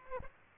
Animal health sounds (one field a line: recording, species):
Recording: mosquito wingbeat signal from an infrared sensor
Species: Aedes aegypti